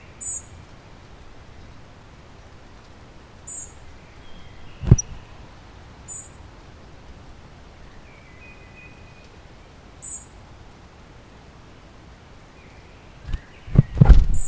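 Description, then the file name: European robin calls: short, thin high-pitched notes repeated every few seconds over a quiet background, with a low knock midway and a few low thuds and knocks near the end. "Erithacus rubecula"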